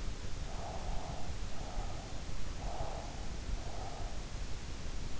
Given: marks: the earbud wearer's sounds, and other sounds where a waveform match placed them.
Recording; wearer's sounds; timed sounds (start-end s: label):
sounds in sleep by an in-ear microphone; breath
0.37-2.21 s: breath
2.49-4.57 s: breath